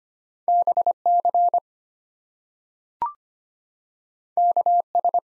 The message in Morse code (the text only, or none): BC KS